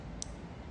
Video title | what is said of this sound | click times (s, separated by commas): How to thread a Singer M1500 Sewing Machine | to this little opening, and you heard that little click, that little snap. That's what you want, | 0.2 s